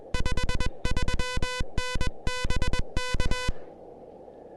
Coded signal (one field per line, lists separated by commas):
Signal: Morse code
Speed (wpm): 21 wpm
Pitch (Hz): 1000 Hz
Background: music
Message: 53N BK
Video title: The Elecraft KH1: My first SOTA activation with this new handheld QRP transceiver!